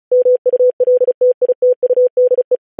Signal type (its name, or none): Morse code